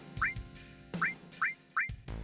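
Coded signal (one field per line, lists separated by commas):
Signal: none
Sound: game menu sounds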